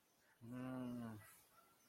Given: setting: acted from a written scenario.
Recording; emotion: vocal sound without words; realization